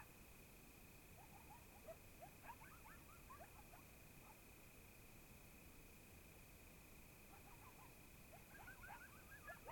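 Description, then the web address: Coyotes yipping: faint clusters of high, wavering yelps and short quavering howls in two bouts, over steady hiss and a constant thin high whine. Several coyotes, Oregon, 2015. "Discover Oregon - Coyotes Coyotes 2015 Medlock Loudest Quiet Coyotes"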